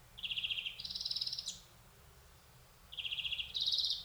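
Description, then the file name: European greenfinch giving two trilled phrases, each starting lower and jumping to a higher buzzy trill. "Chloris chloris"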